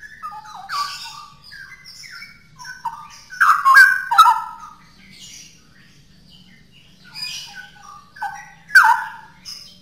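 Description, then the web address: Straw-headed bulbul pouring out fluty, gurgling song phrases, busy and tumbling, with loud peaks around four and nine seconds. Song in the style called ropel; labelled as original (asli). "cucak-rowo suara-cucak-rowo-ropel-asli"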